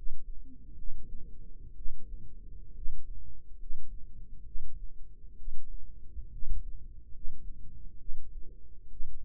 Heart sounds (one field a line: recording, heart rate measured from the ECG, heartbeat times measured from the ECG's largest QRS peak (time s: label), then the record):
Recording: heart sounds by microphone in the right ear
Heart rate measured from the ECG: 66 bpm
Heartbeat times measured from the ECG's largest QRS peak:
0.75 s: heartbeat
1.74 s: heartbeat
2.73 s: heartbeat
3.57 s: heartbeat
4.44 s: heartbeat
5.36 s: heartbeat
6.29 s: heartbeat
7.11 s: heartbeat
7.97 s: heartbeat
8.88 s: heartbeat
From the record:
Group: healthy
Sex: female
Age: 22 years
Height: 163 cm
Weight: 67.1 kg